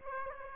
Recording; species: mosquito wingbeat signal from an infrared sensor; Aedes aegypti